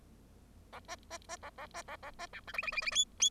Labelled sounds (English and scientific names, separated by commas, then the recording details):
Bengalese Finch (Lonchura striata domestica) song
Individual Bird0